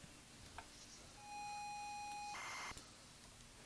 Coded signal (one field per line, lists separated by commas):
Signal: ZX Spectrum tape loading